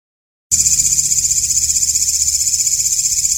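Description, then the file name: Katydid call starting abruptly after a brief silence: a loud, high, buzzy, pulsing trill. Walang ngapak (local Indonesian name), with 30-second pauses. "audio-walang-ngapak-versi-terbaru 2-jeda-30-detik"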